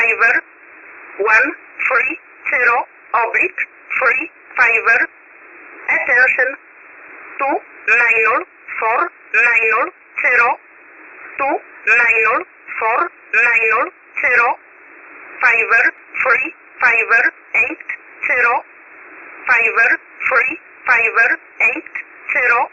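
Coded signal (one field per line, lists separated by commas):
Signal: numbers station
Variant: E11 (Oblique), English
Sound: steady voice repeating numbers like "one three zero oblique three fiver" over and over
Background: radio static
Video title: 13378kHz USB Polish Number Station E11 calling 130 (Jul 20, 2026)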